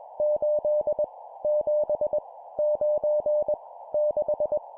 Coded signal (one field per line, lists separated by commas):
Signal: Morse code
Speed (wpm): 21 wpm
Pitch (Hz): 600 Hz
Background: none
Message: 8 7 9 6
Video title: 20wpm Random Numbers, improve cw morse code copy speed